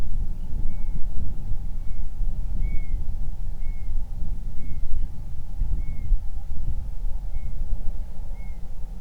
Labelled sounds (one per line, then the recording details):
bird
wind
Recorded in the Prudhoe Bay oil fields, Alaska, on 31 July 2019 at 07:42
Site 24